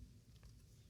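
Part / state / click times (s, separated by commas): SCSI-to-SD adapter board into 3D-printed mounting bracket / not seated / none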